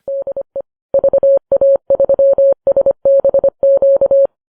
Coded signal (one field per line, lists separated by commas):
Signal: Morse code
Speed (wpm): 25 wpm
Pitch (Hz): 550 Hz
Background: none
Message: DE VA3SBQ